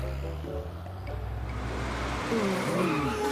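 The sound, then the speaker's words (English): A steady low engine rumble holds throughout as a car with faulty brakes slows and pulls over at a police officer's request, then thin, wavering squeals rise over the motor near the end, like brakes being applied as it comes to a stop. “I need you to pull over right there.”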